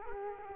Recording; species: mosquito wingbeat signal from an infrared sensor; Culex quinquefasciatus